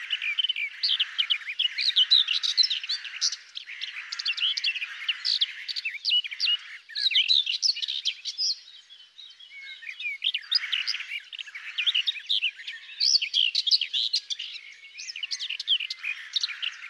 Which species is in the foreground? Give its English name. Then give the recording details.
Common Whitethroat. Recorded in the wild. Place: Waltershofen / Freiburg im Breisgau, Baden-Württemberg, DE. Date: 2001-06-15. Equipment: MiniDisc Sharp MT 20 H. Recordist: Schwarz, Dieter. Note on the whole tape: Song